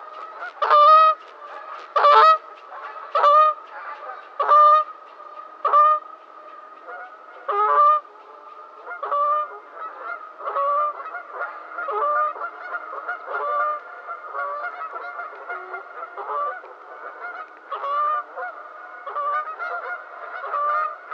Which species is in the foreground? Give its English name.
Canada Goose